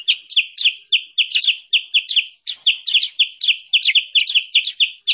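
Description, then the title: Sooty-headed bulbul song: evenly spaced, clear chirping notes, many with a short sharp flick above, repeated steadily. Masteran (training song) and pikat lure recording of kutilang sutra, used for trapping or training birds. "Masteran Kutilang Sutra. suara pikat burung kutilang sutra"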